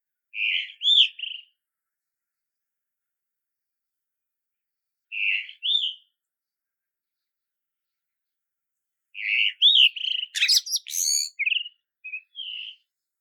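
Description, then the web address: Blue rock thrush singing short clear warbled phrases, two brief phrases spaced several seconds apart, then a longer varied phrase with sharp scratchy notes. "isohiyodori"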